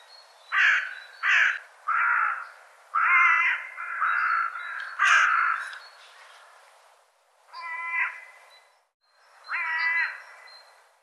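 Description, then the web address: Bird calls: a run of harsh, nasal, harmonic notes about every second, then a pause and two separate drawn-out ringing calls. "cianscape birddata"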